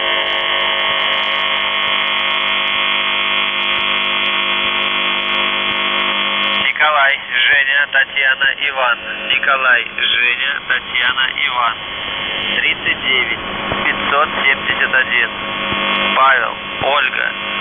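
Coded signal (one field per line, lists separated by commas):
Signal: numbers station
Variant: UVB-76 The Buzzer, Russian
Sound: steady droning buzz for about seven seconds, then a voice reading a message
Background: radio static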